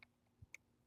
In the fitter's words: that little TP tab locks in place you're going to do the same on the opposite side